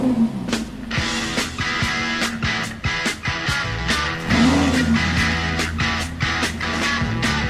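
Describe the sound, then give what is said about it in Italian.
A sports car engine growls steadily, then revs higher around the middle as it pulls away to take a passenger for a ride, with sharp clicks and bursts scattered over the continuous loud rumble. “mi porti a fare un giro? Certo, molto volentieri. Pronti? Allora andiamo. Pronti per partire?”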